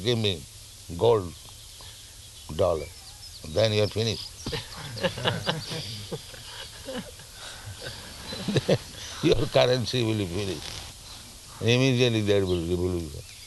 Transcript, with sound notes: Give me gold dollar," then you are finished. [laughter] Your currency will be finished. Immediately there will be revolution,